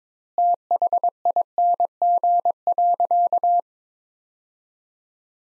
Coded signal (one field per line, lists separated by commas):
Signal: Morse code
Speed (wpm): 23 wpm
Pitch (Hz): 700 Hz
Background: none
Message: THING.